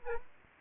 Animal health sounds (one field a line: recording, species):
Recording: mosquito wingbeat signal from an infrared sensor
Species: Aedes aegypti